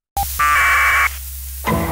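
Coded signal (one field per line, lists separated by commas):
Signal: packet radio (AX.25, as in APRS)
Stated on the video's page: Mysterious APRS packet chirp heard on the 760 repeater, tracked down.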